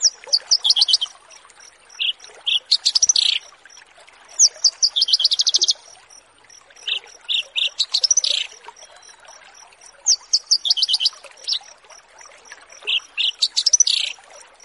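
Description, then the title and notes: Horsfield's bush lark song: short bursts of rapid, high, sharp chirps and trills repeated every few seconds, over a faint steady high-pitched ticking pulse. Branjangan song used for bird-keeping tutoring (masteran), in a recording titled 'Branjangan VS BURGER'. "Branjangan VS BURGER Masteran Mewah. burung BRANJANGAN"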